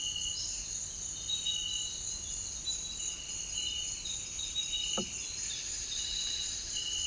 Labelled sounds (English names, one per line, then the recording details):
none
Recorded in dense forest near Puerto Asís, Putumayo, Colombia, on 20 February 2024 at 06:30
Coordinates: 0.502, -76.324
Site G6370